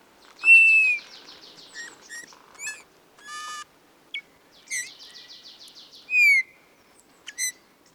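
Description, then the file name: Bullfinch calling with clear, falling whistles mixed with rapid buzzy trills and short sharp chips, separated by brief pauses. "suara bullfinch omkicau"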